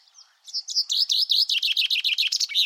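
Common chaffinch song: a bright, steady run of sharp chipping notes that descends in pitch and ends in a short emphatic flourish.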